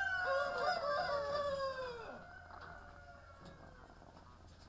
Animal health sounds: poultry house recording; sick chickens (respiratory disease)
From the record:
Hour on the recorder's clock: 18

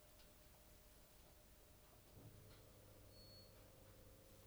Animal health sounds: poultry house recording; no chicken sound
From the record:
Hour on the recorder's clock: 23

